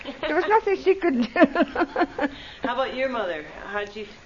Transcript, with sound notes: There was nothing she could do (laughs)
How 'bout your mother? How'd she feel?